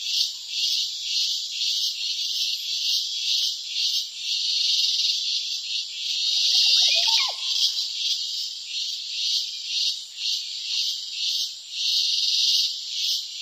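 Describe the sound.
Cicada song, a loud pulsing buzz that surges and dips throughout; a brief lower sound cuts in midway.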